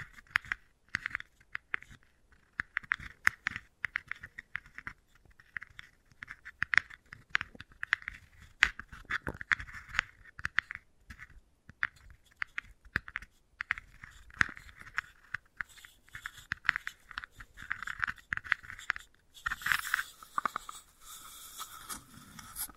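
Wooden balls click and tap in dense, irregular bursts, with crisp crunchy and scratchy contacts coming every fraction of a second. The sharp clacks are bright, with quiet gaps between clusters. Near the end, around twenty seconds, a harsher rustling hiss joins in.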